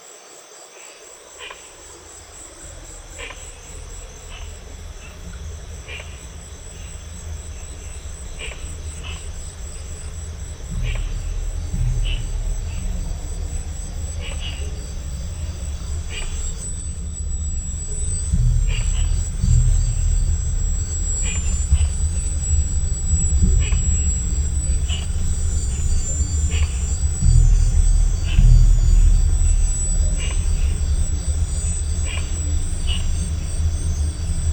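Outdoor city ambience with a heavy low traffic rumble building over the first ten seconds, steady insect trilling high above, and faint scattered voices.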